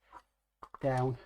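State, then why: Not seated. A builder presses the engine/transmission part of a die-cast/plastic VW T1 Samba Campervan scale model into its chassis to secure it before screwing it down with three BP04 screws. A single sharp hit is heard at 0.6 s, followed by someone talking. The part has not clicked into place properly, for no known reason.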